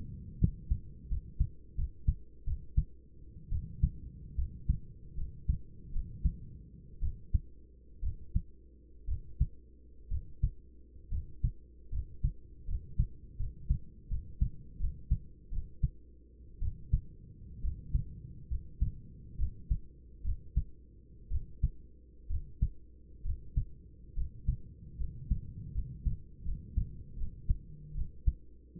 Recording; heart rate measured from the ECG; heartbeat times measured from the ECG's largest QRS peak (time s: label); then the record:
heart sounds by stethoscope; 70 bpm
0.39 s: heartbeat
1.09 s: heartbeat
1.76 s: heartbeat
2.45 s: heartbeat
3.51 s: heartbeat
4.37 s: heartbeat
5.16 s: heartbeat
5.92 s: heartbeat
7.01 s: heartbeat
8.02 s: heartbeat
9.07 s: heartbeat
10.10 s: heartbeat
11.11 s: heartbeat
11.92 s: heartbeat
12.67 s: heartbeat
13.39 s: heartbeat
14.10 s: heartbeat
14.79 s: heartbeat
15.52 s: heartbeat
16.61 s: heartbeat
17.63 s: heartbeat
18.50 s: heartbeat
19.38 s: heartbeat
20.24 s: heartbeat
21.30 s: heartbeat
22.29 s: heartbeat
23.24 s: heartbeat
24.16 s: heartbeat
24.99 s: heartbeat
25.74 s: heartbeat
26.44 s: heartbeat
27.17 s: heartbeat
27.95 s: heartbeat
From the record:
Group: healthy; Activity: rest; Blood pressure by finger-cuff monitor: 123/70 mmHg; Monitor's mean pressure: 88 mmHg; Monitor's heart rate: 70 bpm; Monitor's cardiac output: 7.9 L/min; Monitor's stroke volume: 113 mL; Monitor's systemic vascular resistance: 840 dyn s/cm5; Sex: male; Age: 24 years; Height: 184 cm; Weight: 89 kg